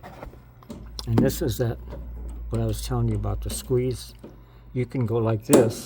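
Someone talks while the brake handle is pulled back and squeezed, with faint ticks near 0.2 and 0.6–0.7 s. The ratchet pawl on the brake handle, which engages the clicker teeth, is only being handled here, and nothing has clicked or seated yet.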